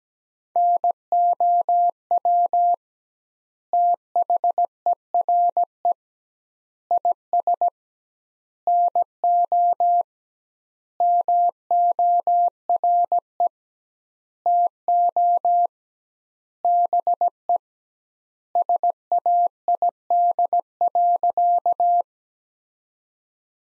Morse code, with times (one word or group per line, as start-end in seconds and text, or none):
0.6-2.7 NOW
3.7-5.9 THERE
6.9-7.7 IS
8.7-10.0 NO
11.0-13.5 MORE
14.5-15.7 TO
16.6-17.6 BE
18.6-22.0 SAID.